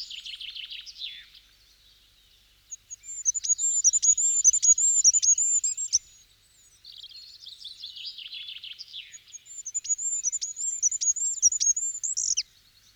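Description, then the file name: Goldcrest song in several bursts: very high wavering see notes alternating with lower chattering trills, with short pauses between some of them. "kosmos 93 wintergoldhaehnchen"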